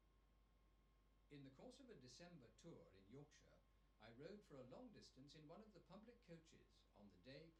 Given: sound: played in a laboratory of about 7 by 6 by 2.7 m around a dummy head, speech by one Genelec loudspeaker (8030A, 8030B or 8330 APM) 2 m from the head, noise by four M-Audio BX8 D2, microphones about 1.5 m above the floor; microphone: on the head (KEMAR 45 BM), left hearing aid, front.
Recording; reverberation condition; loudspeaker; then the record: male speech in English; low; 30 degrees to the right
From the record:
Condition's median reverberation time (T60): about 310 ms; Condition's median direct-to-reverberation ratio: about 3.5 dB